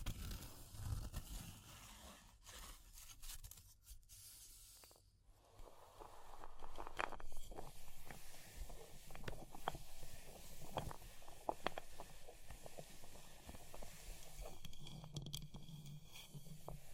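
Fire crackling with scattered sharp pops and ticks throughout, sometimes in quick clusters, over a low rustling bed. Scratching and scraping textures run through the middle stretch, with a brief quieter gap near five seconds before the crackle returns denser.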